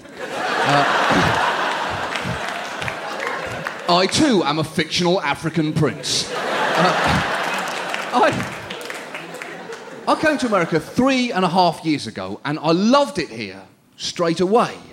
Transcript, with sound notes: I, too, am a fictional African prince. (Soundbite of laughter) (Soundbite of applause) I came to America three-and-a-half years ago, and I loved it here, straightaway.